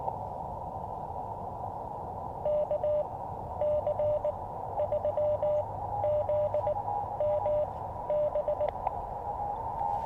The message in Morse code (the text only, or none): KC3ZMB